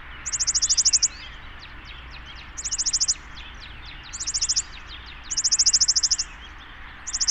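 Bird song: several high, rapid pulsed trills, each under a second long, with fainter twittering notes between them.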